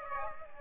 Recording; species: mosquito wingbeat signal from an infrared sensor; Aedes aegypti